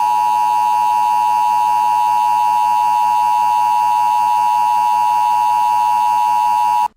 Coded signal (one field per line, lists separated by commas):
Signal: Emergency Alert System (SAME) tones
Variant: 853 and 960 Hz attention tone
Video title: 5 eas scenario the second Korean War